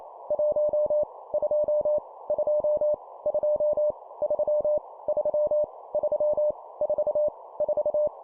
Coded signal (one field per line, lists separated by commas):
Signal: Morse code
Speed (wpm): 28 wpm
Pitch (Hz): 600 Hz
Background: none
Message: 1 2 2 2 3 3 3 4 4